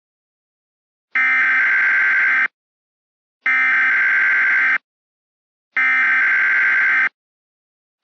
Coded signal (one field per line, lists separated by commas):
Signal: Emergency Alert System (SAME) tones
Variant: header bursts